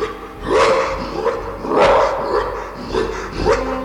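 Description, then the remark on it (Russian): A huge coal-black dog, the Hound of the Baskervilles, bursting out of fog, barks four times at uneven intervals, each bark a deep, loud burst with a rough edge, with no talking over it. “Из-за сплошной стены тумана вырвалась огромная, черная, как смоль, собака.”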